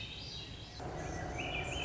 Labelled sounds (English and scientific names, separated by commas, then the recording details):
Swainson's Thrush (Catharus ustulatus)
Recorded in Sonoma County, California